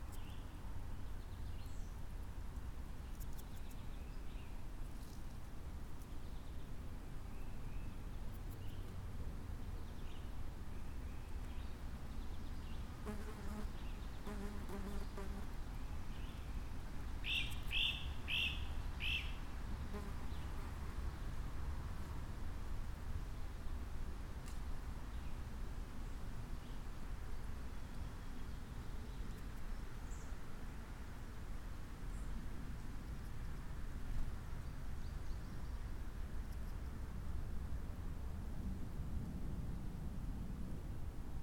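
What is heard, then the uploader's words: A steady low breeze rumbles through a ridge-top woodland, with brief bright bird chirps around seconds 17 to 20 and faint insect buzzing. Breezy day in an oak, hickory, and maple stand one the ridge above the Wabash River.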